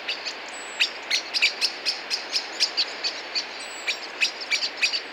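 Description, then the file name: Common blackbird calls: sharp, clicking chinks repeated several times a second at an uneven pace over a steady hiss of background noise. "Turdus merula"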